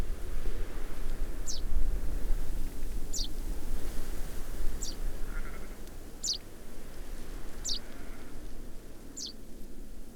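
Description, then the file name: Common chaffinch calls: several short, sharp, high notes, each dropping slightly, evenly spaced over a steady low rumble of background noise. "Fringilla coelebs"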